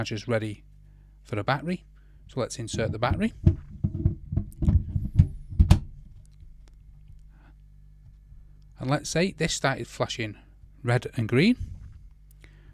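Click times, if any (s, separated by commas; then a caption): 5.7 s. Someone talks while a cordless tool battery is slid onto its Makita charger, with a few soft knocks and scrapes from about 3.9 s to 4.6 s. A sharp click at 5.7 s marks the battery seating, and then the talking continues.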